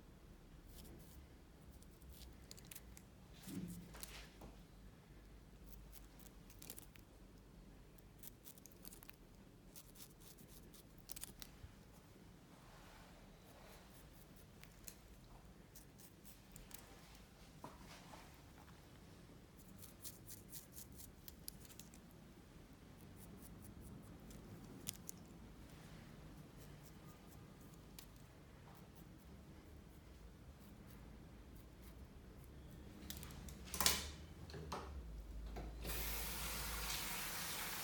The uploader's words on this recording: Men's shave & Turkish massage. Beard cut, sheet washing and magic massage.